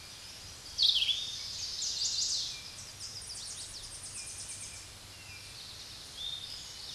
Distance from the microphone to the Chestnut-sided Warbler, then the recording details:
about 30 m. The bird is about 5 m above the microphone. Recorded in a Pennsylvania forest on 16 May 2024 at 06:37. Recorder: AudioMoth, point MSD-2007. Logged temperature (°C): 16.1 °C. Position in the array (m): 11 m, 23 m